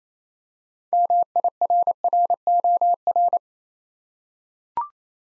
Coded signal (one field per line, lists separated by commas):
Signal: Morse code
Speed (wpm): 27 wpm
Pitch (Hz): 700 Hz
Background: none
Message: MIRROR